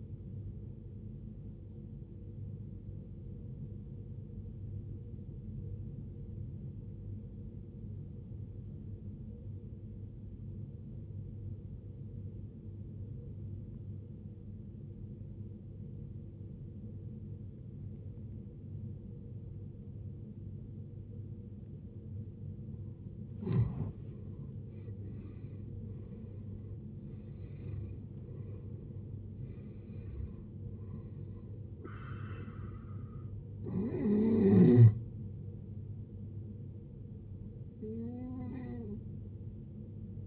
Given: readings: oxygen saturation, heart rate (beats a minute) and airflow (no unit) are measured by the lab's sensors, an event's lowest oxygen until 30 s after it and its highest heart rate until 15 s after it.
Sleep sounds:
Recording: a person awake in a sleep study, by a smartphone at the bedside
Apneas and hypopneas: 1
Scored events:
3.00-21.40 s: obstructive apnea (scored as awake, oxygen 95% highest, then 88% lowest, heart rate 69 at the start, 75 highest)
3.00-36.00 s: awake
29.00-40.26 s: new sleep stage, N1 (lightest sleep)
From the record:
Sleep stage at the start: awake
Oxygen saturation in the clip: 90 to 95%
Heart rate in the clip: 54 to 75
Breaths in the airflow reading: 5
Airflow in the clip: -14.2 to 16.6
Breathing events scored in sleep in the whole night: 389 in 6.3 hours asleep

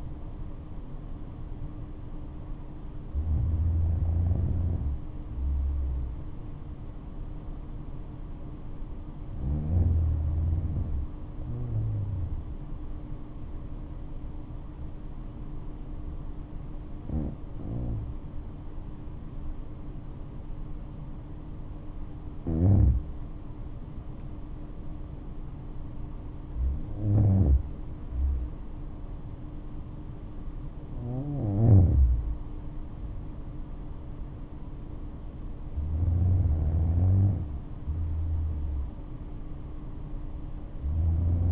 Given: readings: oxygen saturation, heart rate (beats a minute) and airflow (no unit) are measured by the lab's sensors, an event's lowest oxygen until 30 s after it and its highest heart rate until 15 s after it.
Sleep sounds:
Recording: breathing in sleep by a smartphone at the bedside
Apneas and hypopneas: 1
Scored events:
8.00-41.52 s: new sleep stage, N2 (light sleep)
13.00-28.10 s: hypopnea (N2, oxygen 97% highest, then 94% lowest, heart rate 67 at the start, 72 highest)
From the record:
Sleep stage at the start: N1 (lightest sleep)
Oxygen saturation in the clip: 84 to 97%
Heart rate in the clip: 59 to 72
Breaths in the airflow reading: 6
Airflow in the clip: -8.4 to 9.3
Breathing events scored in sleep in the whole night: 228 in 5.4 hours asleep

